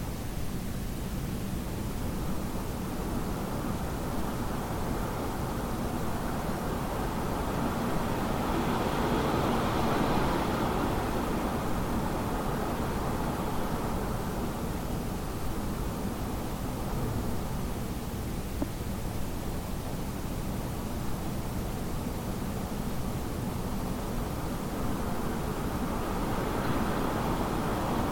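Wind blows steadily throughout, a dense rushing roar weighted toward the low end. It swells gently around ten seconds and again near the end, with brighter hissing gusts on those rises, then eases back to a constant whooshing bed.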